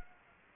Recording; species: mosquito wingbeat signal from an infrared sensor; Anopheles gambiae